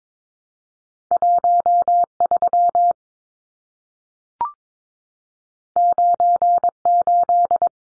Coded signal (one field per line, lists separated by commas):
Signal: Morse code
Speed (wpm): 22 wpm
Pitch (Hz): 700 Hz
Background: none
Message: 13 98